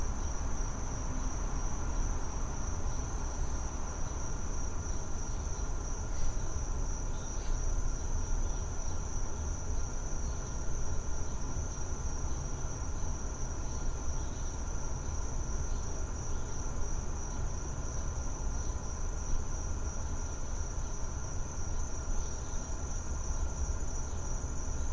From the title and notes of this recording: The sounds of a back yard on a Saturday in August.